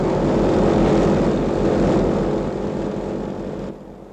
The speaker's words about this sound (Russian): Самолет на старт! Есть самолет на старт! Я вылетаю!